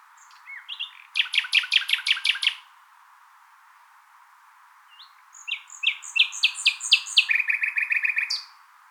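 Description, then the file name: Common nightingale song: two phrases of rapid repeated chattering notes, the second ending in a fast trill. "Luscinia megarhynchos"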